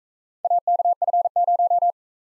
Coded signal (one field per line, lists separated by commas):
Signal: Morse code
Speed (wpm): 44 wpm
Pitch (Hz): 700 Hz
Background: none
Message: AKF0